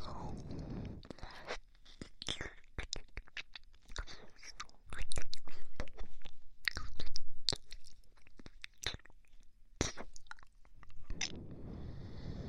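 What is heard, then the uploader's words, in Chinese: Wet mouth sounds of someone licking an ice pop: quick smacks, slurps and sharp little clicks arrive in irregular bursts, swelling louder around five to seven seconds. Soft, low breathy rushes open and close the clip. 舔冰棒，喘息，甜耳，微人声。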